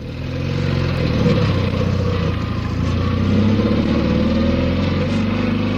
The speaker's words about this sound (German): Auf einem Motorrad hat man nicht viel Schutz, nur Haut umhüllt das Leben.